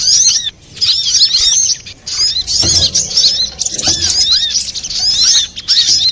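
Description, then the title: Little spiderhunter song: fast, high twittering of sharp rising and falling notes, nearly continuous, with brief pauses and a couple of dull thumps. Masteran training recording for cage birds, labelled Labaik. "Sogok Ontong Labaik"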